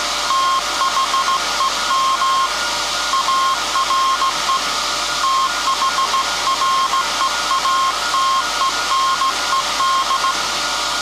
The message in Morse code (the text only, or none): THEM ARE THREATENED